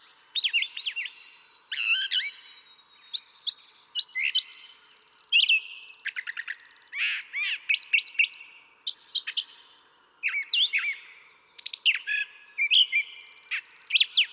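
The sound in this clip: Brown thrasher singing a long, varied sequence of rough buzzy notes, clear slurred whistles and short chirps, with brief pauses.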